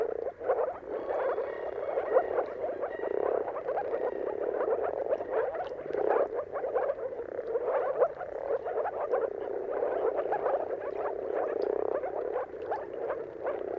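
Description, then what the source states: Moor frog: a long stretch of moor frog chorus, continuous overlapping bubbling calls from many frogs, steady and unbroken. Mating calls of many moor frogs at sunrise, a spectacle seen at the turn of March and April depending on the weather.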